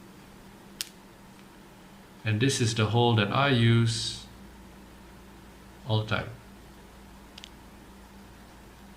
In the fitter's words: no click anymore right